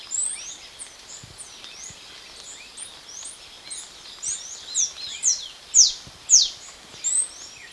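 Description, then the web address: Black-capped hemispingus song: a rapid series of thin, high, slurred notes that grows louder in the second half, over steady background hiss. Recorded in Ecuador. "Birds of Ecuador Black-Capped Hemispingus"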